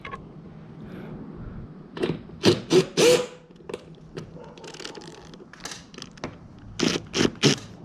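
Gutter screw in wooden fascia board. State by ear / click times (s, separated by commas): stripped / 4.9 s, 5.7 s, 6.0 s, 6.2 s, 6.8 s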